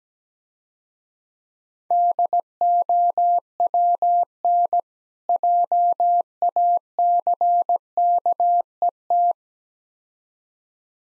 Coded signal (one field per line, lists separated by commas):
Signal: Morse code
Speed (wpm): 17 wpm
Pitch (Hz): 700 Hz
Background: none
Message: DOWN JACKET